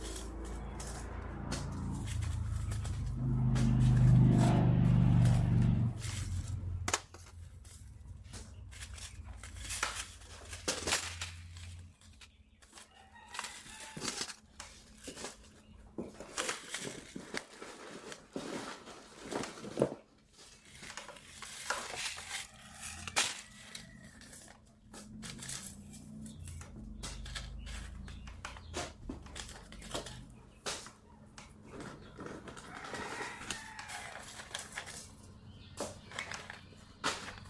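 Packets of seeds being sorted: a loud low rumble and handling sound fills the first six seconds, then gives way to quieter, irregular crinkles, taps and rustles. Short bright clicks and paper shuffles come every second or so through to the end.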